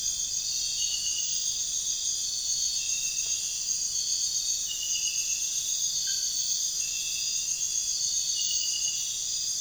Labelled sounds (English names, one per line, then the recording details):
none
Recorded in pastures near Puerto Asís, Putumayo, Colombia, on 23 June 2025 at 03:00
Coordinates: 0.466, -76.322
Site GP07